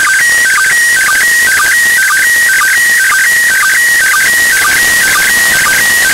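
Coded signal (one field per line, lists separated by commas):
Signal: SSTV (slow-scan television)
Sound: warbling tone stepping between pitches, with short low blips repeating about twice a second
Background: radio static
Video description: Picture 1 starts at 0:55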